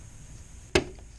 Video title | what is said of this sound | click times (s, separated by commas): Master Class - P.A. Setup with Shahin | lock up listen for the click | 0.8 s